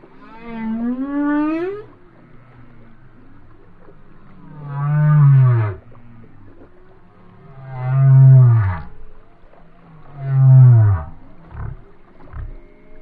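Whale song: a rising harmonic wail, then three deep descending moans a few seconds apart, with a few soft low pulses.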